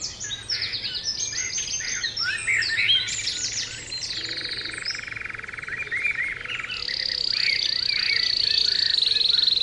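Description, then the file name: Canary song of rapid rolling trills and buzzy tours, switching between high whistled phrases and a long steady mid-pitched roll, then a sustained high trill. Canary 'terapi' (therapy) song recording, intended for training birds. "kenari terapi omkicau"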